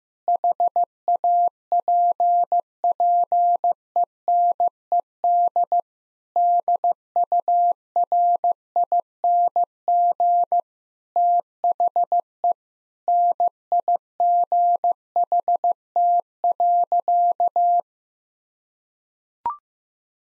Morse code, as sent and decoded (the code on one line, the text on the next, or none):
.... .- .--. .--. . -. . -.. / -.. ..- .-. .. -. --. / - .... . / -. .. --. .... - .-.-.-
HAPPENED DURING THE NIGHT.